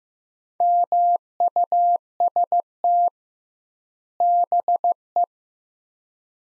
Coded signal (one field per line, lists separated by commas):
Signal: Morse code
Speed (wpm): 15 wpm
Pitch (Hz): 700 Hz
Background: none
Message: MUST BE